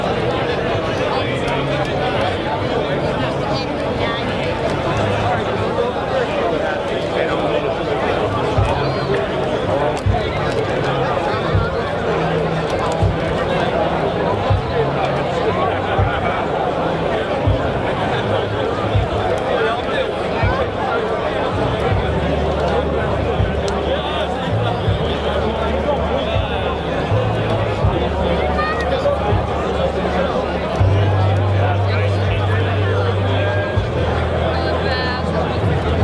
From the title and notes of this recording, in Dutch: Duizenden boeren trekkers protesteerden in Stroe, Nederland. Tienduizenden tractors die aanwezig waren tijdens een gigantisch boerenprotest in Stroe, waar ook honderdduizenden mensen samen kwamen.